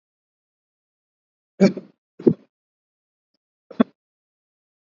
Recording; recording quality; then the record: shallow voluntary cough; moderate, slight background noise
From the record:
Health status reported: healthy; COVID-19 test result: negative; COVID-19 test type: rapid antigen test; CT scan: not taken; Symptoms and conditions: cough, fatigue, diarrhoea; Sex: male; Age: 25 years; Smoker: no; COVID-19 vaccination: both doses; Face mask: worn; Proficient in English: yes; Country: India